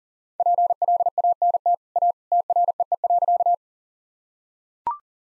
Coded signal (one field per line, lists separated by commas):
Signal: Morse code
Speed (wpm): 40 wpm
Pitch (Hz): 700 Hz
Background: none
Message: PLANT A TREE.